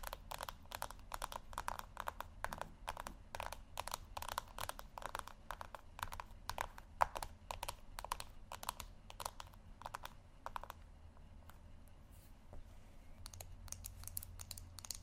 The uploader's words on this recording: ASMR Tapping Only Sleep Time（No Talking）.